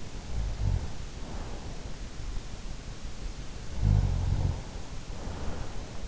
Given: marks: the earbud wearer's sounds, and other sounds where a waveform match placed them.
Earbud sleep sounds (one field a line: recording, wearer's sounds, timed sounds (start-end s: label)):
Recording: sounds in sleep by an in-ear microphone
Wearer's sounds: snoring breath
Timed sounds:
0.16-2.33 s: snoring breath
3.68-6.08 s: snoring breath